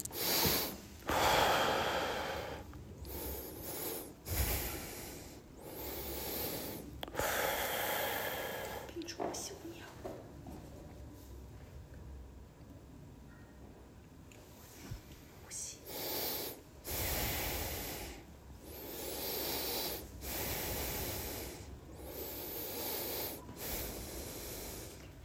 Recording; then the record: deep breathing after running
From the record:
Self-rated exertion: vigorous exertion (4 of 6); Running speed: 8 miles an hour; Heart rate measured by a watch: 123 beats a minute at the start, 117 at the end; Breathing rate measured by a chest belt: 16 breaths a minute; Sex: male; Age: 57 years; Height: 170 cm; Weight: 58 kg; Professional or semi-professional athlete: no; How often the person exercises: 3 to 5 times a week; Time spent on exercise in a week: 4 to 5 hours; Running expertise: no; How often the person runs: 3 to 5 times a week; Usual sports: running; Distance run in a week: 50 km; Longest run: 50 km